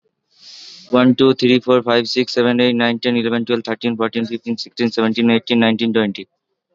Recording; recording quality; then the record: counting at a fast pace; excellent, no background noise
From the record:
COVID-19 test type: RT-PCR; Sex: male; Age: 19 years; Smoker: no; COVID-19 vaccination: both doses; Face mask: worn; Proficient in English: yes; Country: India